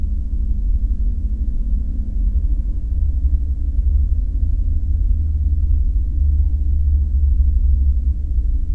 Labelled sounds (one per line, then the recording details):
man-made sound
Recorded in the Prudhoe Bay oil fields, Alaska, on 5 September 2019 at 01:03
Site 14